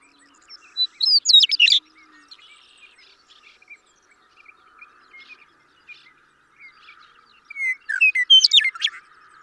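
Western meadowlark singing two phrases of bright whistles and fast warbled notes, with softer notes between.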